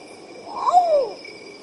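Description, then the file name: Long-tailed potoo uttering a lone sorrowful whistle, a quick upswing breaking into a drawn-out descending slide, with faint high insect trilling behind. "canto do urutau pardo"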